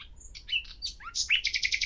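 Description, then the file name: Common nightingale song fragment: varied slurred whistles and swoops ending in a fast, pulsing run of bright repeated notes. "Luscinia megarhynchos"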